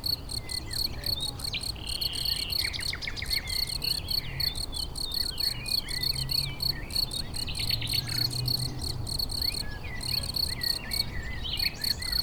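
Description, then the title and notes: Crickets trill in steady pulsed bursts high in pitch, with a bird singing varied phrases over low rumbling background noise. Meadow edge rich in crickets near Chindrieux, France; nightingale singing in bushes about fifty metres away; west wind carrying motorbike noise from the road around the lake. "Au bord d'une prairie riche en grillons"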